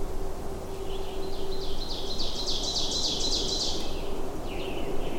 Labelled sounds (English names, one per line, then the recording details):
Ovenbird song
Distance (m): 30 m
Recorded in boreal forest in Alberta, Canada, on 21 June 2016 at 08:10
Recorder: SongMeter 3, array SBT-6-76
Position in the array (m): 308 m, 94 m
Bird 1